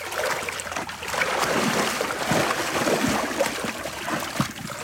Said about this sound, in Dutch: Je boelt ook even over de bodem, hè? Voordat je die schep naar boven haalt. Ik schrik ze een eindje op, inderdaad. Ik zet mijn net neer, stroomafwaarts van mijn laarzen. En dan woel ik een beetje door de bodem en dan schrikken ze op.